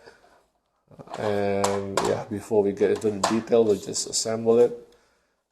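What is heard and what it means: Someone talks while handling the plastic front section of a Hasbro Star Wars Mission Fleet Firespray toy starship, about to press it into the longer rear hull section. The clip ends before the part goes home, so nothing has clicked or seated yet.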